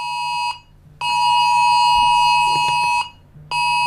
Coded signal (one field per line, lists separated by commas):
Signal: Emergency Alert System (SAME) tones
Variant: 853 and 960 Hz attention tone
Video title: EAS Scenario: Its All Safe